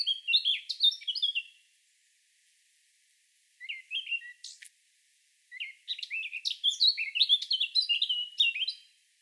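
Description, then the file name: Eurasian blackcap singing in bursts: a warbled phrase, a pause, a brief twitter, then a longer lively run of varied whistled and scratchy notes. "Sylvia atricapilla"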